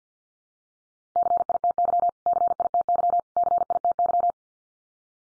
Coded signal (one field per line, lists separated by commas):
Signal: Morse code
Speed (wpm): 50 wpm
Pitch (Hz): 700 Hz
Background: none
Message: CITY CITY CITY